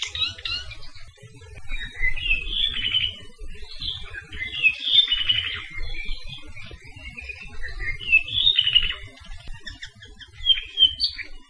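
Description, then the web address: Apapane song, repeated phrases of whistled notes and buzzy trills, given several times, over a low background rumble. Recorded along Saddle Road, Hawaii. "Saddle Road Birding Songfiles apapanelong"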